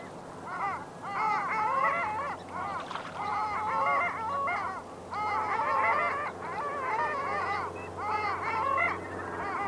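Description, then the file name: Long-tailed ducks calling: many overlapping nasal, yodelling notes in dense bursts, with short pauses between choruses. "Moryanka Clangula hyemalis"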